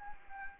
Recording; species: mosquito wingbeat signal from an infrared sensor; Anopheles arabiensis